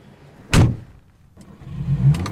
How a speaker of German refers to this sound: Da vorne steht mein Auto. Na komm, wir fahren eine Runde.